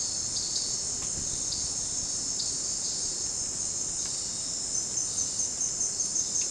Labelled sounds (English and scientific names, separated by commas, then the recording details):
none
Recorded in dense forest near Puerto Asís, Putumayo, Colombia, on 9 March 2025 at 17:30
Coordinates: 0.486, -76.317
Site G053